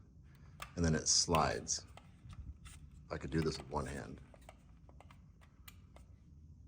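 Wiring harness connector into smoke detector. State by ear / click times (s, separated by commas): not seated / none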